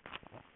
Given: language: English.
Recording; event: throat vibration sensor signal played as sound; swallow